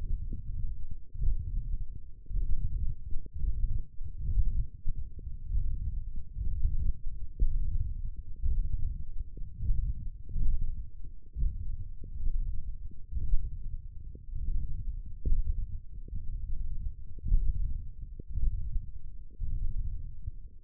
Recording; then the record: forearm muscle sounds (acoustic myography)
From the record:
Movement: thumb flexion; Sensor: system 1, eight BSWA MPA416 microphones around the upper forearm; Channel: 2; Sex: male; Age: 21 years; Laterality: right